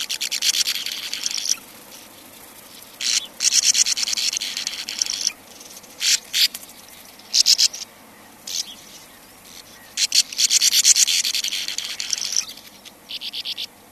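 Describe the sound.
Sand martin calls: dry, rasping buzzy bursts repeated irregularly, some in quick chattering runs, with quiet gaps between them.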